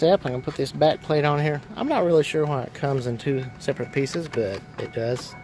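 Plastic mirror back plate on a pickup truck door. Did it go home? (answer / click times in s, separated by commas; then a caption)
no / none. Someone talks while handling the two-piece plastic back plate of a replacement door mirror on a 2001 Ford F150 pickup truck, placing it onto the door. Nothing has seated or clicked yet.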